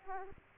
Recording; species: mosquito wingbeat signal from an infrared sensor; Aedes aegypti